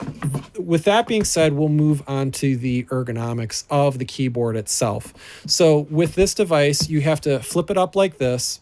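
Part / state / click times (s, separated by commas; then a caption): e-paper tablet into its keyboard case / not seated / none. Someone talks while flipping an e-paper tablet up on its keyboard case to lock it into its upright position. The clip ends before it locks, and nothing has seated or clicked yet.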